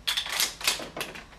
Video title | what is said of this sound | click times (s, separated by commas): HARDCORE MAG-FED PAINTBALL RIFLE - Milsig K-Series Elite Pro Review | that just locks into place and there's a little lever on them on the side there | 0.1 s